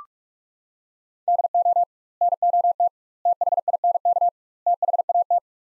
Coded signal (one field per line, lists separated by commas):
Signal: Morse code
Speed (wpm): 41 wpm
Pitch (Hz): 700 Hz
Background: none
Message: DO NOT THINK THAT